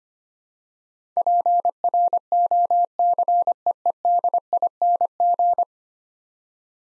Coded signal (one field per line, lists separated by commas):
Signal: Morse code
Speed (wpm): 25 wpm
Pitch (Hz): 700 Hz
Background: none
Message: PROCEEDING